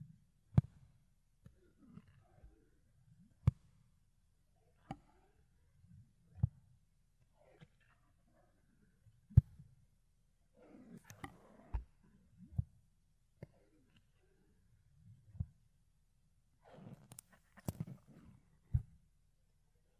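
Ear cleaning with a fluffy tool: soft brushing and rubbing sounds come in short, irregular bursts against near silence. Sharp, bright clicks and scratches break through every second or two, with a denser cluster of rustling around the middle and again near the end.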